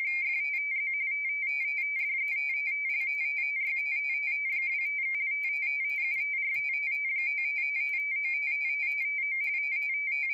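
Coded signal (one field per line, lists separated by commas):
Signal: RTTY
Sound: rapid warbling between two close high tones, continuous teleprinter chatter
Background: faint intermittent low tone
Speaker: now i switch to manual all right got my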